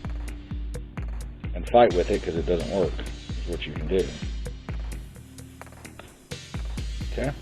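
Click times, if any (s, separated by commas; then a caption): none. During a stick-drift repair on a Nintendo Switch Joy-Con, a part that only fits one way, likely the analog stick module or its connector, is being handled and pressed toward the plastic controller housing while someone talks over steady rhythmic music with sharp beats. Nothing has seated or clicked into place yet.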